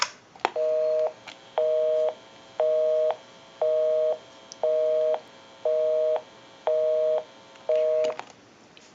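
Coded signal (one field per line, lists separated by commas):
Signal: telephone call progress tone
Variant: North America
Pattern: busy tone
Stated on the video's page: Heard during checkout and repair of a Mickey Mouse telephone.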